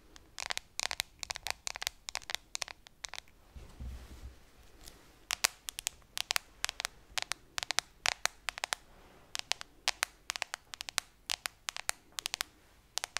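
Slow tapping: sharp, bright taps in irregular clusters, with a soft low thump near four seconds and a faint crinkling hiss underneath.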